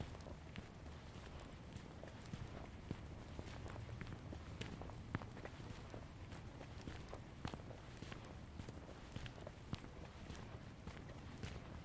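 A walk in Ravenna Park, Seattle, with steady footsteps crunching along at an even pace, sharp clicks and snaps scattered through every second or so. Beneath them runs a constant low rumble, unchanging across the whole stretch.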